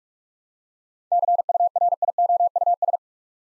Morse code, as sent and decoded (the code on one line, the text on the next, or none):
-.-. ..- .-. .. --- ..- ...
CURIOUS